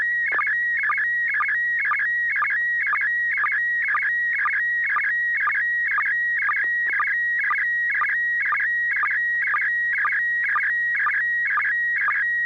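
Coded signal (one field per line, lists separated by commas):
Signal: SSTV (slow-scan television)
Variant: PD120 mode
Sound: steady high whistle broken by warbling chirps twice a second, with clicky low blips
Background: low hum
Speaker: All right, Bob, thank you. N6PGQ, net control asks for you to give it a go. Okay, this is going to be on PD 120.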